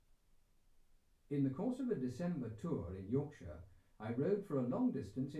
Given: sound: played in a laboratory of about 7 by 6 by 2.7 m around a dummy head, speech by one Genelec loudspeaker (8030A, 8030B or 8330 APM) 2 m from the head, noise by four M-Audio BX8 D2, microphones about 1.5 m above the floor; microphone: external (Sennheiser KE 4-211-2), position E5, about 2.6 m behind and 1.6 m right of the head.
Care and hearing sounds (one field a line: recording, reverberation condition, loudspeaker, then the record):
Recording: male speech in English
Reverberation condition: low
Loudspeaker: 120 degrees to the right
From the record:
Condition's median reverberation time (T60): about 310 ms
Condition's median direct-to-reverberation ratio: about 3.5 dB